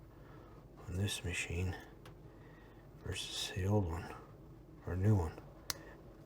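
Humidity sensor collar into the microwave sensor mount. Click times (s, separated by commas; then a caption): 5.7 s. The plastic collar on a new microwave humidity sensor is pressed into the microwave sensor mount while someone talks. A single sharp click at 5.7 seconds marks the collar snapping in, and it is seated.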